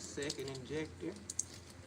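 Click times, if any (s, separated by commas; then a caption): none. An electrical connector is handled at the second fuel injector while someone talks, with a few light, sharp handling ticks near the end. The connector has not seated or clicked yet.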